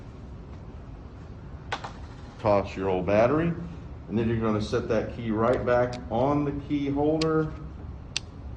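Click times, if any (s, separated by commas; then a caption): 8.2 s. After a battery change on a Segway remote key, the key is set back on its key holder and turned a quarter turn while someone talks. A sharp tick at 8.2 seconds marks the key snapping into place on the holder.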